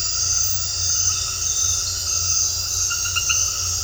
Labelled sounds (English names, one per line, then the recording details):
none
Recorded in dense forest near Puerto Asís, Putumayo, Colombia, on 8 March 2025 at 21:30
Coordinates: 0.468, -76.322
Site GP01